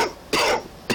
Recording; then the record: coughing mixed with background sound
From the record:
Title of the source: Coughing 60